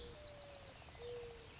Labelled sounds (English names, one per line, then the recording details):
Mourning Dove
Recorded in Sonoma County, California